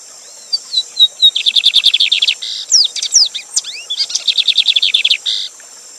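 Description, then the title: Lined seedeater singing: a few whistled notes leading into fast buzzy trills, with swept and looping phrases in the middle, against a constant high rushing water hiss. Live singing with a waterfall; teacher bird whose song is used for tutoring other birds; song type called gavião negro. "Bigode Gavião Negro Professor De Canto Cantando Ao Vivo Com Cascata"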